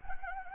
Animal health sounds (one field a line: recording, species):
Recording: mosquito wingbeat signal from an infrared sensor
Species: Anopheles gambiae